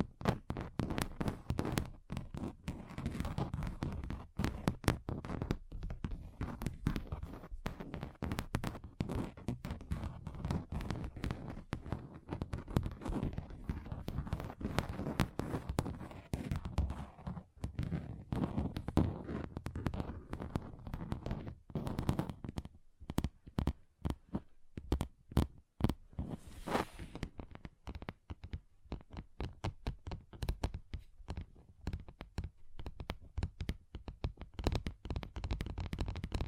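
Fingers tap rapidly on a table, sharp dense clicks and knocks with low thuds, thinning after twenty seconds into more spaced, distinct taps.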